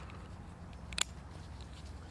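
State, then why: Seated. A Camelbak hydration system's drink tube fitting is pushed into its plastic socket on the hydration bladder over a low steady background hum. It snaps home with a sharp double click at 0.9 s and 1.0 s, and the fitting is seated.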